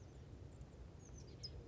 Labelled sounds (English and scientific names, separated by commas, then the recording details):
California Towhee (Melozone crissalis)
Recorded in Sonoma County, California